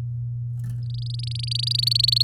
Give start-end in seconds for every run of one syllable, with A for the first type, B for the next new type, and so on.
0.83-2.23 A